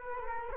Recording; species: mosquito wingbeat signal from an infrared sensor; Culex quinquefasciatus